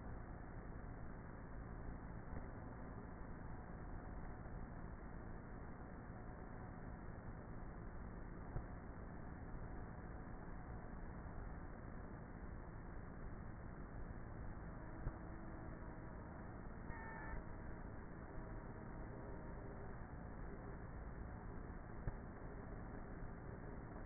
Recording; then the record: honeybee colony, microphone inside the hive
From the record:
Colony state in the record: queenless with a low population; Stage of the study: before two queens were removed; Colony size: about 30,000 bees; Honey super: no